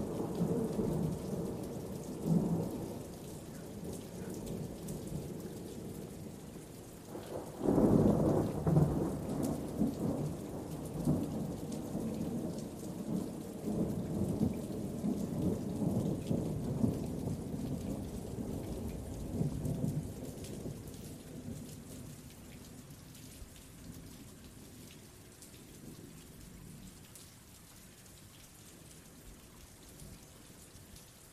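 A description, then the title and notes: Steady rain hisses throughout while low, rolling thunder dominates. A loud crack and rumble breaks out around eight seconds and keeps grumbling for over ten seconds, then fades after about twenty, leaving softer rumbles under the continuing rain. Natural rain and thunder sounds.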